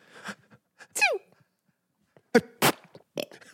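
Imitated held-in sneeze from an adult man: short squeaky pinched bursts and muffled puffs, the sneeze stifled rather than released.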